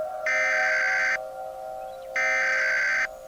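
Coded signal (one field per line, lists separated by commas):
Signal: Emergency Alert System (SAME) tones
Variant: header bursts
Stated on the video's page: Fictional EAS scenario in analog-horror style, made with macros.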